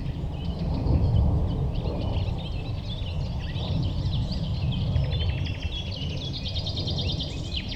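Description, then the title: Common Nightingale song with other birds singing: varied high chirps and a rapid repeated note series toward the end, above constant low-pitched background rumble. Nightingale singing with other birds along a promenade in Westlicher Düppeler Forst, Germany. "nachtigall und andere voegel. Westlicher Düppeler Forst, Germany"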